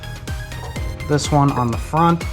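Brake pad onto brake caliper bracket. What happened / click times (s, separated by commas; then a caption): Handled, not yet home: the pad is only being positioned / none. A front brake pad for an F10 BMW 550i 5 Series is handled at an angle toward the caliper bracket while someone talks over background music. Faint knocks sound near 0.3 s and 0.5 s. Nothing has seated or clicked yet.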